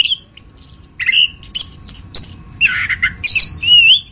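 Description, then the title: Orange-headed thrush giving a short sequence of separate notes: slurred whistles, a harsh buzzy squawk and a high thin whistle. "anis kembang"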